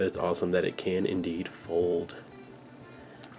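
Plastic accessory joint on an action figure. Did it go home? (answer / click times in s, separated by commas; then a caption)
released / 3.2 s. A folding plastic accessory piece of an action figure is pulled apart at its joint while someone talks over background music. A sharp, short hit at 3.2 seconds marks the piece popping apart and being released.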